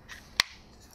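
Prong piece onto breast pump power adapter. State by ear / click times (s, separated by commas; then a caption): seated / 0.4 s. A prong piece is pushed all the way down onto a breast pump's plastic power adapter. A single sharp, loud snap at 0.4 s shows it clicking into place, and then only quiet background remains.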